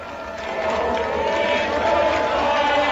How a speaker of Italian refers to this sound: Guardate questo fiume di folla che passa sotto gli occhi dei Vopos, la famigerata polizia del popolo che tante volte ha sparato per impedire l'attraversamento del muro.